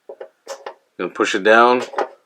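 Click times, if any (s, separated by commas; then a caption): none. A plastic light ring is being handled and pushed down toward its spot on a toy wrestling entrance stage while someone talks. A few soft handling taps come before the speech, and nothing has seated or snapped into place yet.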